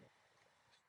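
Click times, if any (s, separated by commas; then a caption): none. A metal clamp adapter tool is handled against a side post battery terminal, with a brief louder rustle at the start followed by low, steady handling noise. Nothing has seated or clicked yet.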